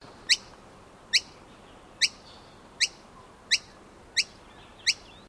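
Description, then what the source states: Noisy miner calls, a series of sharp, bright high notes repeated roughly every 0.7 seconds, seven in all, over a quiet background hiss. Call sequence.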